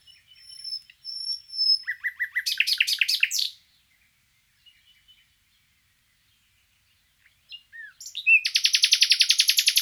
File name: Luscinia megarhynchos